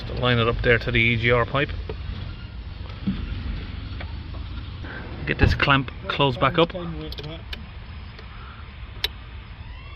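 Someone talks while a clip-on clamp on an EGR pipe joint of a Land Rover Discovery 5 3.0 is lined up and closed back up by hand, with a few faint sharp ticks and one brighter snap-like transient near the end. Nothing has seated or clicked home yet.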